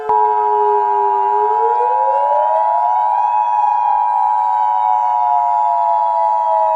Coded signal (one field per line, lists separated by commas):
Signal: Emergency Alert System (SAME) tones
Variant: 853 and 960 Hz attention tone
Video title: EAS Scenario - The Anger Virus